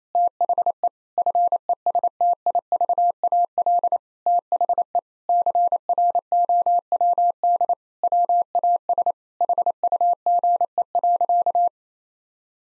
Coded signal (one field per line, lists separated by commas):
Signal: Morse code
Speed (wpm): 28 wpm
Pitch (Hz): 700 Hz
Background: none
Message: THE FESTIVAL THE CROWD WAS HUGE.